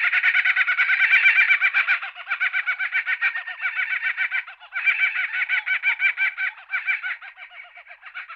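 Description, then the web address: Kookaburra laughing: loud rapid cackling notes tumbling on continuously, with brief dips between phrases. "kockaburra"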